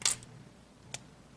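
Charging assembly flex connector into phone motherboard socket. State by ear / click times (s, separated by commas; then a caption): seated / 0.1 s. On a Samsung Galaxy S7, the charging assembly flex connector, which gave trouble at first, is pressed with a spudger onto its socket at the bottom of the phone's motherboard. It snaps into place with a sharp click at 0.1 s. A faint tick follows at about 0.2 s and another short click at 0.9 s, with quiet in between.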